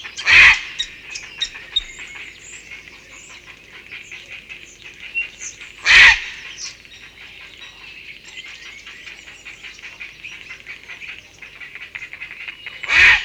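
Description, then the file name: Grey heron, three loud harsh croaking calls several seconds apart, over a steady background of chirping small birds. Call, in Europe. "Graureiher Ruf Voegel in Europa"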